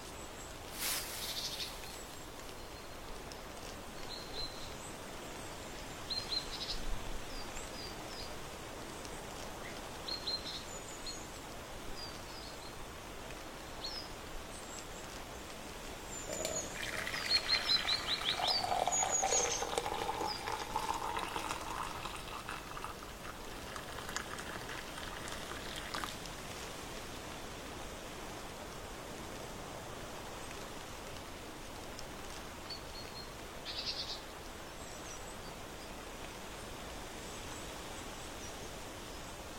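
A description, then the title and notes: An autumn porch scene with a steady, dense outdoor hiss throughout. Small high chirps and ticks from birds or insects dot the background, and around 17 to 22 seconds a louder passing sound swells with a rising tone before fading back. On the porch in autumn.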